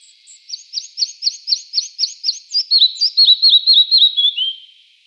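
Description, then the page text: Red-breasted flycatcher delivering one long series of many clear repeated notes, evenly paced, dropping lower toward the end before fading. Recorded in Iran. "پرندگان ایران: مگس گیر سینه سرخ. باشگاه پرنده نگری ایرانیان. مگس گیر سینه سرخ - صدا"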